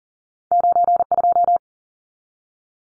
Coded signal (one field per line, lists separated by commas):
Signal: Morse code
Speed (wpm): 40 wpm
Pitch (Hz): 700 Hz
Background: none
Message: 92